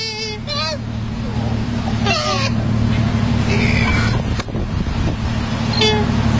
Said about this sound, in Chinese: 你就觉得你在吹小喇叭或者捏那个尖叫鸡一样，你知道吗？这尖叫鸡的喉咙还卡住了，这个哨不是特别通气的样子。这个就是两只考拉，用雄性考拉用自己这个声嘶力竭的喊声去吓死对方的声音，这个怒喊着我要怼死你什么之类的这种，然后互相进行攻击的这个感觉哈。